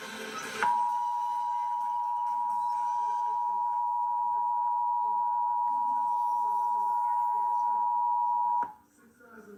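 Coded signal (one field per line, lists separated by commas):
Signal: Emergency Alert System (SAME) tones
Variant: 853 and 960 Hz attention tone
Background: speech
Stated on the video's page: Required Monthly Test originated from an AM station and relayed to all Iowa radio and TV stations.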